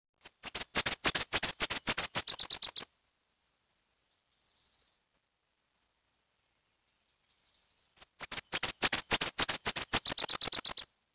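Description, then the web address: Nashville warbler singing twice: each song a rapid run of high paired notes speeding into a dry trill, lasting about three seconds, separated by long silence. "Peterson North American Birds. nawa"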